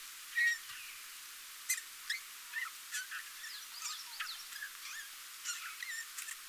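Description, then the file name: Eurasian bullfinch: a loud opening note followed by many short, varied high notes at a scattered pace. "Pyrrhula pyrrhula"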